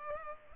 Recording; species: mosquito wingbeat signal from an infrared sensor; Culex pipiens